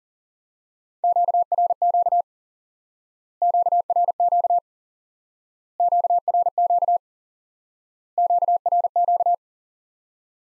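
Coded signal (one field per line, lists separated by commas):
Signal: Morse code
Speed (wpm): 40 wpm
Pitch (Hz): 700 Hz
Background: none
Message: QRQ QRQ QRQ QRQ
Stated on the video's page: High-speed (QRQ) Morse lesson teaching common QSO elements by instant word recognition.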